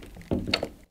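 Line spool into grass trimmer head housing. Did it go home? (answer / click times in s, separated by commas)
no / none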